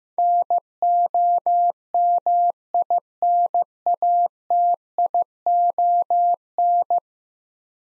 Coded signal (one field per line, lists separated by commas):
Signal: Morse code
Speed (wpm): 16 wpm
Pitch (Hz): 700 Hz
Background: none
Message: NOMINATION